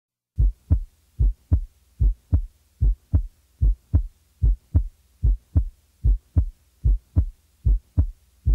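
Steady, regular paired low thumps at about 74 beats per minute, each a clear lub followed closely by a dub with quiet pauses between. These are normal first and second heart sounds of an adult heart heard by stethoscope, with no extra sounds or murmur between beats.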